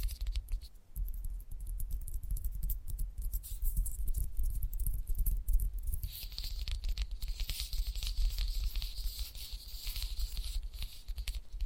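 Gentle tapping runs as a quick, dense patter of small clicks over a steady low hum. Around the halfway point the sound turns brighter and more scratchy, with a hissing edge that continues to the end.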